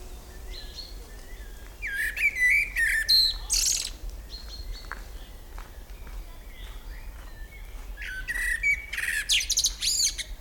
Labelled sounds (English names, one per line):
Common Blackbird song